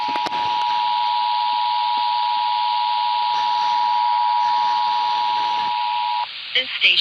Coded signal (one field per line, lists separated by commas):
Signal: Emergency Alert System (SAME) tones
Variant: 853 and 960 Hz attention tone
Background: speech